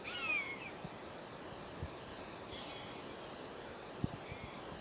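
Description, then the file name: Common buzzard giving a short downslurred mewing whistle near the start, followed by faint hiss and a couple of soft clicks. South Tyne, 16 July 2003. "cbuzz south tyne 16 july 2003"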